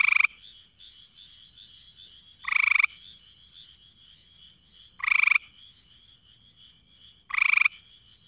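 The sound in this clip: Treefrog calls, short harsh nasal bursts repeated about every two and a half seconds, over a steady high-pitched background tone.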